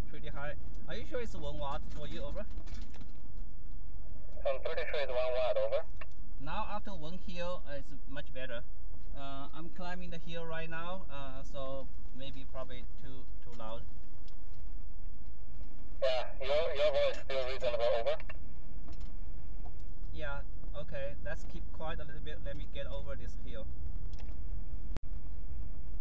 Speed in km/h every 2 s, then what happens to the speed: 34, 29, 24, 18, 13, 13, 11, 13, 18, 21, 24, 27, 29.
0-12 slows to 11. 12-26 speeds up to 29.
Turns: 4-14.